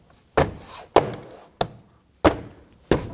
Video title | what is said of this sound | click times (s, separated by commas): How to Replace Front Exterior Door Handle Reinforcement 2008-2011 Ford Focus | Making sure that door panel is snapped into place. | 0.4 s, 1.0 s, 1.6 s, 2.3 s, 2.9 s